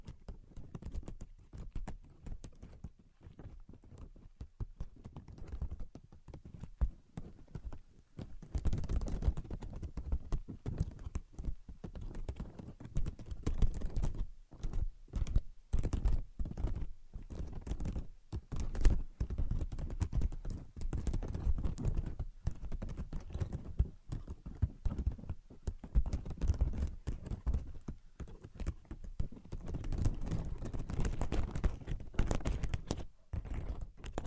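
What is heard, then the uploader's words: Rapid, irregular tapping like fingers on a hard surface, sparse for the first eight seconds, then denser and fuller with a low thump. Brain Penetrating 3D Tapping.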